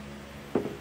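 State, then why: Seated. A magazine is reinserted into the magazine well of a gun and pushed home. After a stretch of low background noise, a single sharp click sounds at 0.6 s, followed by a fainter knock. The magazine is seated.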